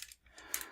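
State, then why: Seated. A plastic leg peg on a transforming robot figure is worked into its hole after a failed try, with faint plastic rubbing and small taps. It seats with a sharp click at 0.5 s, followed by a lighter tick.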